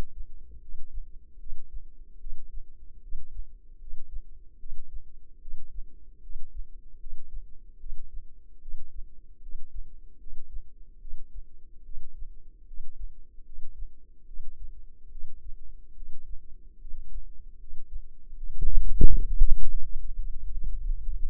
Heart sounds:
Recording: heart sounds by microphone in the left ear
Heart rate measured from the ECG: 76 bpm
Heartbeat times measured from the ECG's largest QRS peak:
0.59 s: heartbeat
1.37 s: heartbeat
2.18 s: heartbeat
3.00 s: heartbeat
3.78 s: heartbeat
4.57 s: heartbeat
5.39 s: heartbeat
6.20 s: heartbeat
6.97 s: heartbeat
7.77 s: heartbeat
8.59 s: heartbeat
9.40 s: heartbeat
10.17 s: heartbeat
10.99 s: heartbeat
11.82 s: heartbeat
12.65 s: heartbeat
13.43 s: heartbeat
14.25 s: heartbeat
15.09 s: heartbeat
15.93 s: heartbeat
16.78 s: heartbeat
17.57 s: heartbeat
18.34 s: heartbeat
19.11 s: heartbeat
19.84 s: heartbeat
20.53 s: heartbeat
21.20 s: heartbeat
From the record:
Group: healthy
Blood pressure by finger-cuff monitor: 99/64 mmHg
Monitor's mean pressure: 80 mmHg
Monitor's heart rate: 75 bpm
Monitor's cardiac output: 6.9 L/min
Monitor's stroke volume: 92 mL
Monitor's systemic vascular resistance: 830 dyn s/cm5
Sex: female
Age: 22 years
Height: 160 cm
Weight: 45 kg

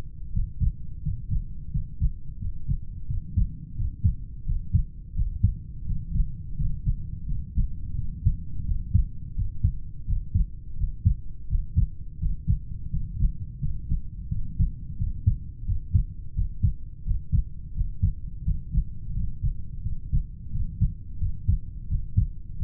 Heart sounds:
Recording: heart sounds by stethoscope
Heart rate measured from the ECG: 86 bpm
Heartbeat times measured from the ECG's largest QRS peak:
0.32 s: heartbeat
1.01 s: heartbeat
1.70 s: heartbeat
2.38 s: heartbeat
3.06 s: heartbeat
3.74 s: heartbeat
4.44 s: heartbeat
5.14 s: heartbeat
5.84 s: heartbeat
6.55 s: heartbeat
7.24 s: heartbeat
7.94 s: heartbeat
8.64 s: heartbeat
9.34 s: heartbeat
10.05 s: heartbeat
10.76 s: heartbeat
11.47 s: heartbeat
12.18 s: heartbeat
12.89 s: heartbeat
13.58 s: heartbeat
14.27 s: heartbeat
14.96 s: heartbeat
15.64 s: heartbeat
16.33 s: heartbeat
17.03 s: heartbeat
17.73 s: heartbeat
18.43 s: heartbeat
19.12 s: heartbeat
19.81 s: heartbeat
20.50 s: heartbeat
21.18 s: heartbeat
21.87 s: heartbeat
22.56 s: heartbeat
From the record:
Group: heart failure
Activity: rest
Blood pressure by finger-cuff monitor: 69/45 mmHg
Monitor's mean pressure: 51 mmHg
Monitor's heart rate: 86 bpm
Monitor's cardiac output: 6.8 L/min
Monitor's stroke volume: 80 mL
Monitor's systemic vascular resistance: 510 dyn s/cm5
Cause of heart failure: idiopathic cardiomyopathy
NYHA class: 2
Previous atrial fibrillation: present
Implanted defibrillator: present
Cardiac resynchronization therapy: present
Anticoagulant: warfarin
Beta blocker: metoprolol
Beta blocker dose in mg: 50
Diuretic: furosemide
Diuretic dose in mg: 40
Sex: male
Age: 62 years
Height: 184 cm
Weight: 101 kg

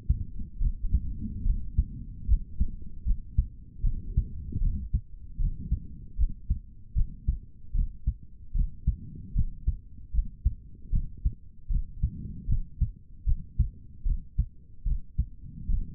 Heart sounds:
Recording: heart sounds by stethoscope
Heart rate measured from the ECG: 76 bpm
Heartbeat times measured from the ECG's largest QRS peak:
0.59 s: heartbeat
1.44 s: heartbeat
2.27 s: heartbeat
3.04 s: heartbeat
3.82 s: heartbeat
4.59 s: heartbeat
5.38 s: heartbeat
6.17 s: heartbeat
6.94 s: heartbeat
7.73 s: heartbeat
8.53 s: heartbeat
9.34 s: heartbeat
10.12 s: heartbeat
10.91 s: heartbeat
11.68 s: heartbeat
12.47 s: heartbeat
13.25 s: heartbeat
14.04 s: heartbeat
14.84 s: heartbeat
15.67 s: heartbeat
From the record:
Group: healthy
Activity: rest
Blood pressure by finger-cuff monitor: 137/83 mmHg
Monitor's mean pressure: 102 mmHg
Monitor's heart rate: 76 bpm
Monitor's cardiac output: 4.2 L/min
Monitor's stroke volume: 56 mL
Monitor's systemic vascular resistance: 1800 dyn s/cm5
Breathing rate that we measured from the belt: 18 breaths a minute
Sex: male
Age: 55 years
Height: 167 cm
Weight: 57.2 kg

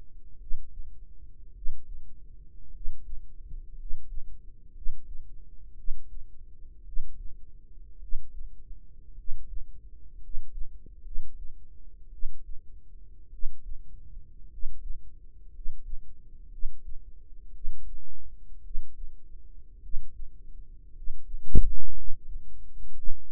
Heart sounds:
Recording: heart sounds by microphone in the right ear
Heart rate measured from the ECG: 56 bpm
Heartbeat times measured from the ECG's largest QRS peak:
0.36 s: heartbeat
1.51 s: heartbeat
2.69 s: heartbeat
3.74 s: heartbeat
4.71 s: heartbeat
5.73 s: heartbeat
6.82 s: heartbeat
7.97 s: heartbeat
9.13 s: heartbeat
10.17 s: heartbeat
11.01 s: heartbeat
12.08 s: heartbeat
13.28 s: heartbeat
14.46 s: heartbeat
15.49 s: heartbeat
16.47 s: heartbeat
17.50 s: heartbeat
18.60 s: heartbeat
19.79 s: heartbeat
20.91 s: heartbeat
21.91 s: heartbeat
22.92 s: heartbeat
From the record:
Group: healthy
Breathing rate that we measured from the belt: 10 breaths a minute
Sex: male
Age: 25 years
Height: 170 cm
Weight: 70.4 kg

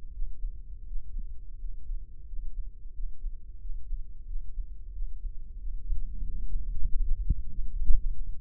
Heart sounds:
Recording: heart sounds by microphone in the left ear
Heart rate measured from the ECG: 90 bpm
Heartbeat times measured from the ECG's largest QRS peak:
0.15 s: heartbeat
0.89 s: heartbeat
1.62 s: heartbeat
2.30 s: heartbeat
2.96 s: heartbeat
3.63 s: heartbeat
4.29 s: heartbeat
4.95 s: heartbeat
5.61 s: heartbeat
6.26 s: heartbeat
6.89 s: heartbeat
7.51 s: heartbeat
8.15 s: heartbeat
From the record:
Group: healthy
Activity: rest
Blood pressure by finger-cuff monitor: 131/75 mmHg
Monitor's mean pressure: 94 mmHg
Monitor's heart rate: 91 bpm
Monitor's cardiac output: 7.6 L/min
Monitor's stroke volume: 84 mL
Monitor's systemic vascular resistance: 890 dyn s/cm5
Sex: male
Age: 21 years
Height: 175 cm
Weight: 72.6 kg

